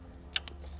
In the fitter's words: And when you're pushing this in, make sure you hear that clicking sound. There you go.